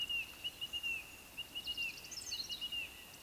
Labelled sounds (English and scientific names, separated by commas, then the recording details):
Eurasian Woodcock (Scolopax rusticola) whistle
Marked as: whistle, whistle
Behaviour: display flight
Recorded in Baden-Württemberg, Germany, on 26 May 2020 at 19:42 UTC
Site 45304, 487 m above sea level